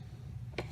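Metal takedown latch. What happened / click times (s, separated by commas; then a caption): The takedown latch released and the slide came free / 0.6 s. While field-stripping a Ruger American Pistol, the takedown release is pushed down and the metal slide comes off the frame. Over a low steady hum, a sharp tick is heard at 0.6 s as the release lets go. The slide is released, and the takedown is very positive.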